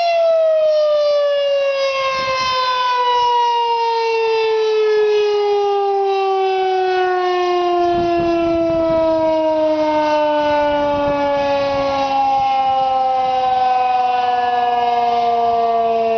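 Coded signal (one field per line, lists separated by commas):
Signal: siren signal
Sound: loud mechanical siren wail slowly winding down in pitch, rich harmonics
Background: outdoor ambience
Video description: Siren Signal: Alert/Brief Attack (Monthly Test)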